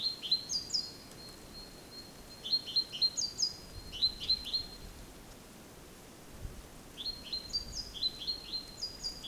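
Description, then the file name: Great tit giving several bursts of brisk, high, clipped notes separated by short pauses. "Parus major"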